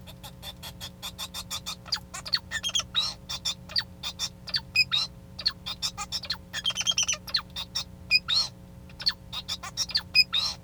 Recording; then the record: song of a male Bengalese finch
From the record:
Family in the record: son of father 2